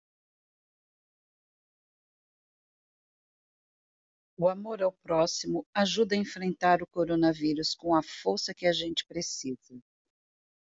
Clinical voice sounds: spoken sentence; Brazilian Portuguese; female; 50 to 59 years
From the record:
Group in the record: control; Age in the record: 59 years

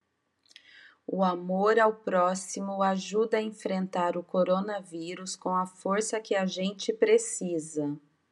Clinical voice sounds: spoken sentence; Brazilian Portuguese; female; 40 to 49 years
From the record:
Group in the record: control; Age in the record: 46 years

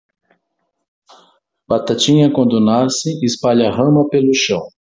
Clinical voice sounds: short text; Brazilian Portuguese; male; 60 to 69 years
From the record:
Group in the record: control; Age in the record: 60 years

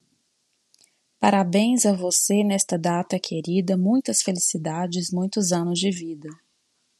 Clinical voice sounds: short text; Brazilian Portuguese; female; 30 to 39 years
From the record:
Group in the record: control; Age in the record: 36 years

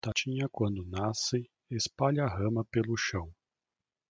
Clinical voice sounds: short text; Brazilian Portuguese; male; 40 to 49 years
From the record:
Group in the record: control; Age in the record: 47 years

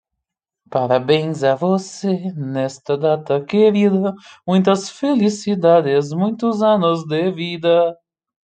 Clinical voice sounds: short text; Brazilian Portuguese; male; 20 to 29 years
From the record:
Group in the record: control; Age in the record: 27 years

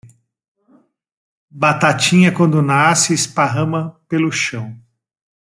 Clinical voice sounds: short text; Brazilian Portuguese; male; 50 to 59 years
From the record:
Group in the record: control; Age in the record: 51 years

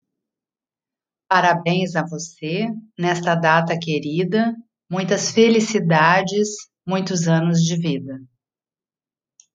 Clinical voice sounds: short text; Brazilian Portuguese; female; 50 to 59 years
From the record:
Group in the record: control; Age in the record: 56 years

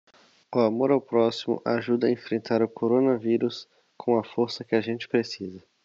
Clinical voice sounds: spoken sentence; Brazilian Portuguese; male; 20 to 29 years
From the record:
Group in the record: control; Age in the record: 20 years

